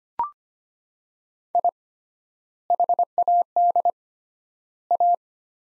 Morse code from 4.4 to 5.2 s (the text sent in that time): A